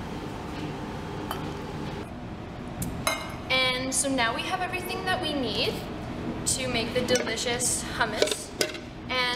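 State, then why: Seated. Someone talks while handling kitchen items, with a few brief clinks around 1.3, 2.8 and 3.1 seconds. The plastic lid is closed onto the filled food processor bowl before pulsing and clicks shut at 8.6 seconds, seating the lid.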